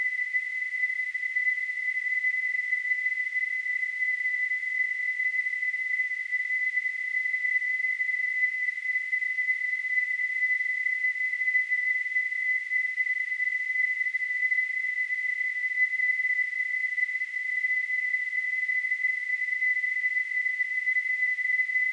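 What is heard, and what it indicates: A steady, high-pitched whistling tone, around 2 kHz, holds unchanged for about 22 seconds over a faint airy hiss. This is a simulation of tinnitus, the ringing or tonal sound heard in the ears without an outside source.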